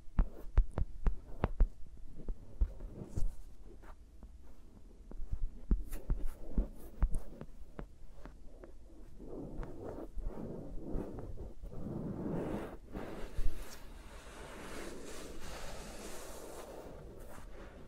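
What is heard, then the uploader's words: Fingers moving over and around microphones, with no talking. The first half is full of sharp taps, thumps and rubbing clicks coming in quick, uneven bursts; after about nine seconds it shifts to softer, steadier rustling and brushing, growing brighter and hissier toward the end. ASMR with Mics Around My Fingers (No Talking).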